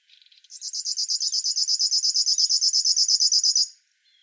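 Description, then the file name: River warbler song: a rhythmic, mechanical, insect-like buzzy pulsing held steady for about three seconds, starting softly, then stopping abruptly. "Schlagschwirl - Locustella fluviatilis"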